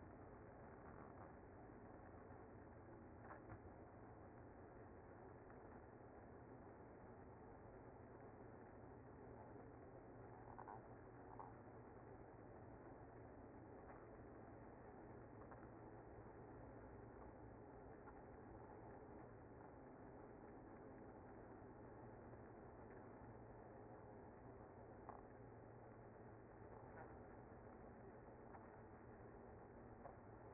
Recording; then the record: honeybee colony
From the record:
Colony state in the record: active